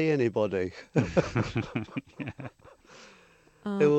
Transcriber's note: soundbite of laughter